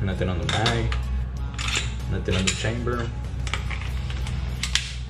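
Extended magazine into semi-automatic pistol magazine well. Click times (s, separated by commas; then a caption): 4.8 s. An extended polymer/steel magazine is inserted into the magazine well of a cleared Smith & Wesson SD9VE semi-automatic pistol while someone talks, with small handling clicks along the way. It latches with a sharp click at 4.8 s and seats snugly with no play.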